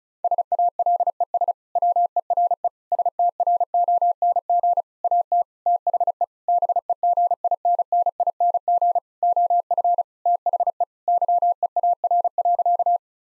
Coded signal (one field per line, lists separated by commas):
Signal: Morse code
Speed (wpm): 36 wpm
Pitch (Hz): 700 Hz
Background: none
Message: SALES WERE STRONG AT THE BEGINNING OF THE YEAR.